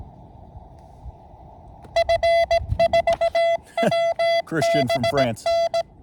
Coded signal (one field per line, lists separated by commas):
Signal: Morse code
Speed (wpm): 17 wpm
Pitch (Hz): 670 Hz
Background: speech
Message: F4WBN